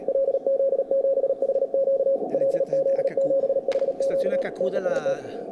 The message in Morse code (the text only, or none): LZ7HQ LZ7HQ TEST